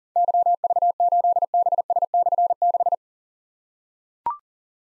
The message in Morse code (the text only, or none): YV8BS/6